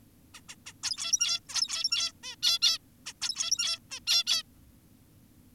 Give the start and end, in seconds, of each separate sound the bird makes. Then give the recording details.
0.34-0.41, 0.49-0.55, 0.66-0.73, 0.84-1.40, 1.49-2.12, 2.24-2.36, 2.43-2.59, 2.62-2.78, 3.06-3.13, 3.22-3.79, 3.91-4.00, 4.07-4.24, 4.27-4.43. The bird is an adult. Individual g17y2U